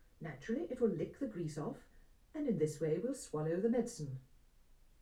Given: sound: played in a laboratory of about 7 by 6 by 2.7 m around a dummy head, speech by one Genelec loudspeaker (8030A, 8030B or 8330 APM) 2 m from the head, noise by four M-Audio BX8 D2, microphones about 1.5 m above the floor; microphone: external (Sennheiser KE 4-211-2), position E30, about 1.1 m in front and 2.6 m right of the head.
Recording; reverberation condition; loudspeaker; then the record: female speech in English; low; 60 degrees to the left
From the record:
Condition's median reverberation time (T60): about 310 ms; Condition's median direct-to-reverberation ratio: about 3.5 dB